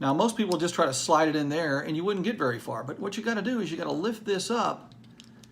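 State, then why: Seated. Someone talks while handling a plastic action-camera mount buckle, lifting its latch tab before squeezing and pushing it into a helmet mounting bracket. After the talk stops, a few faint taps are heard, and a sharp snap at 5.2 s marks the buckle seating securely in the base.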